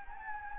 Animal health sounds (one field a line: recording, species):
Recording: mosquito wingbeat signal from an infrared sensor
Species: Anopheles gambiae